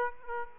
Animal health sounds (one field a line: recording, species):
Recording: mosquito wingbeat signal from an infrared sensor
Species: Aedes aegypti